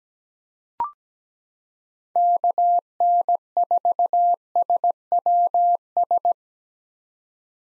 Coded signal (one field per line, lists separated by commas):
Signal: Morse code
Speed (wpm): 17 wpm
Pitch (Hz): 700 Hz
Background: none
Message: KN4SWS